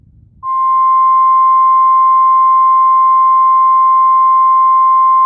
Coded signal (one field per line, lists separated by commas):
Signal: Emergency Alert System (SAME) tones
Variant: 1050 Hz attention tone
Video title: EAS APP!